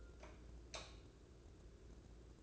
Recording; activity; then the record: daily activity, microphone in the room; light off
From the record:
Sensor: 2